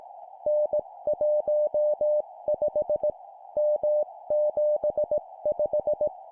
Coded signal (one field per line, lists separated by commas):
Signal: Morse code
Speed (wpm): 18 wpm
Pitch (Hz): 600 Hz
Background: music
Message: N15 M75